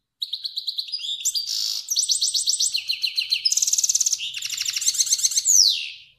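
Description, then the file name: Finch delivering an unbroken, fast-changing run of high trills, buzzes and rattles, ending in a descending whistled slur. Kermani finch. "sound finch kermani long"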